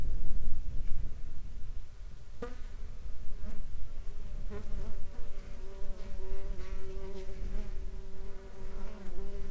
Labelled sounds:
insects

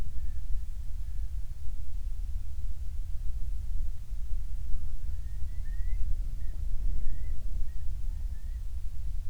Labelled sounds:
loon

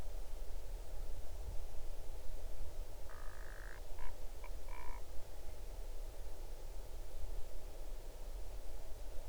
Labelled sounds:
bird

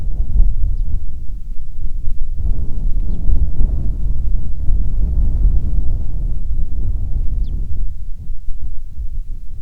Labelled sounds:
bird
wind

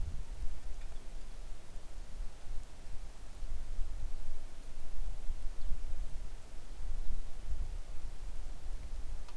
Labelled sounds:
wind

